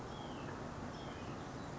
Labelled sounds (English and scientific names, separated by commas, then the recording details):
White-breasted Nuthatch (Sitta carolinensis)
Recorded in Sonoma County, California